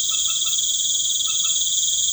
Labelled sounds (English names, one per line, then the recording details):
none
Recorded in pastures near Puerto Asís, Putumayo, Colombia, on 12 March 2025 at 19:30
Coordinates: 0.505, -76.324
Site GP08